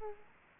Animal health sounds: mosquito wingbeat signal from an infrared sensor; Culex quinquefasciatus

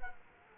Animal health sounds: mosquito wingbeat signal from an infrared sensor; Culex quinquefasciatus

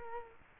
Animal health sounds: mosquito wingbeat signal from an infrared sensor; Culex quinquefasciatus

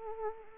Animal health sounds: mosquito wingbeat signal from an infrared sensor; Anopheles arabiensis

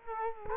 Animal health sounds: mosquito wingbeat signal from an infrared sensor; Culex quinquefasciatus

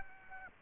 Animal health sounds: mosquito wingbeat signal from an infrared sensor; Aedes aegypti

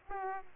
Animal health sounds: mosquito wingbeat signal from an infrared sensor; Aedes aegypti

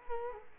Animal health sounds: mosquito wingbeat signal from an infrared sensor; Culex quinquefasciatus

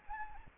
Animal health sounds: mosquito wingbeat signal from an infrared sensor; Anopheles arabiensis

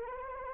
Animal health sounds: mosquito wingbeat signal from an infrared sensor; Anopheles arabiensis

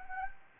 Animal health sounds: mosquito wingbeat signal from an infrared sensor; Anopheles gambiae

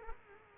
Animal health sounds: mosquito wingbeat signal from an infrared sensor; Culex quinquefasciatus

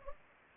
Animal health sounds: mosquito wingbeat signal from an infrared sensor; Anopheles gambiae

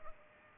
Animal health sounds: mosquito wingbeat signal from an infrared sensor; Culex pipiens

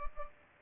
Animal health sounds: mosquito wingbeat signal from an infrared sensor; Culex pipiens

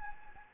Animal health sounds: mosquito wingbeat signal from an infrared sensor; Anopheles gambiae

